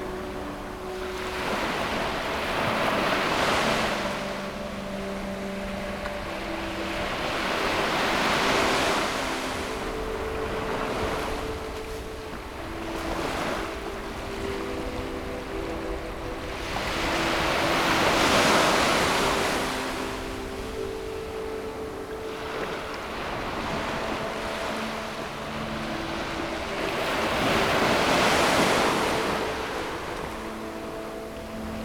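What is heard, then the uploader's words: Ocean waves surge and wash back roughly every nine seconds, over soft, slow music of sustained low notes that continues steadily underneath. 1 hour of relaxing ocean waves with music for sleep.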